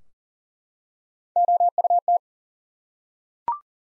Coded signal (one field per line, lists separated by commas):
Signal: Morse code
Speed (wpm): 40 wpm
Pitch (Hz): 700 Hz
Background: none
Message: OUT